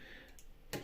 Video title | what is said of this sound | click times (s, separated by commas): Creality Ender 5 - S1 - Unboxing, Build & Review #3d #3dprinting #3dprinter #3dpuk | they just click into place like so | 0.7 s